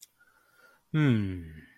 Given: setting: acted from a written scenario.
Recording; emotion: vocal sound without words; neutral